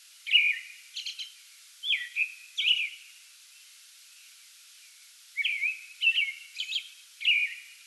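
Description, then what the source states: American robin song in two bursts of whistled caroling phrases separated by a quiet gap of about two seconds, with faint background hiss. Pre-dawn song bout, recorded 8 May 2022.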